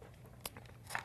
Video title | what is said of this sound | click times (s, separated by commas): 5 Amazing Electric Knives You Need To See | right here and it snaps right into place you can store this standing up or remove | 1.0 s